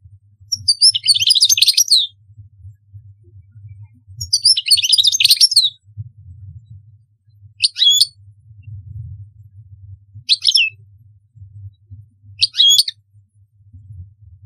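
European goldfinch singing in bursts: two longer jangling twitter phrases, then three short tinkling snatches spaced a few seconds apart, with a low hum throughout.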